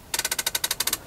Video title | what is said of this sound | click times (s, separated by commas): Zefiro 685 | to bring the handbrake back on you don't need to push the button in it's just like a standard handbrake you hear it click | 0.4 s, 0.5 s, 0.6 s, 0.8 s, 0.9 s